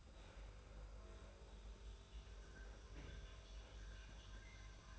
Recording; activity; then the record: daily activity, microphone in the room; make coffee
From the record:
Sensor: 2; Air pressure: 991.6 hPa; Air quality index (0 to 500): 187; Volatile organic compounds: 1000 ppm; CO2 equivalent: 6107 ppm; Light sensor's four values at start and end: 31/95/37/35 and 31/95/37/35